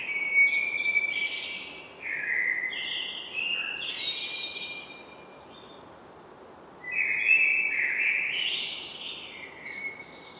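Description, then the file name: Common blackbird singing, several fluty phrases broken by high squeaky twitters, a quiet gap near the middle, then another rising warble. "Turdus merula"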